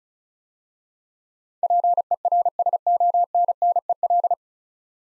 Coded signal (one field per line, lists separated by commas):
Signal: Morse code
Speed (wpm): 34 wpm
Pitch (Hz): 700 Hz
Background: none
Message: PERSONNEL